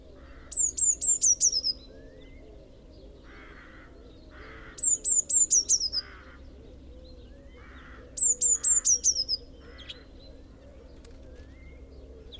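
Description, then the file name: Eurasian blue tit repeating a high descending trilled phrase every few seconds, with other lower bird calls scattered between phrases. "Cyanistes caeruleus"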